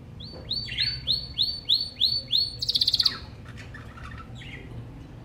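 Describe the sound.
Bird song opening with several sweet slurred notes, ending in a short, fast rattling trill, then quiet.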